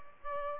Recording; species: mosquito wingbeat signal from an infrared sensor; Aedes aegypti